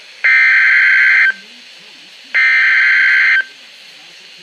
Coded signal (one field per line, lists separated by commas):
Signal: Emergency Alert System (SAME) tones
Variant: header bursts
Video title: Flood Warning double header EAS#96/EAS#97